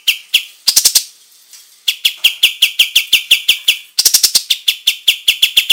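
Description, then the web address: Olive-winged bulbul song: clusters of fast high chips with a pause, then regularly spaced ringing notes and another rapid high burst. Singing gacor, energetically and in full voice. "kapas-tembak suara-burung-kapas-tembak-gacor"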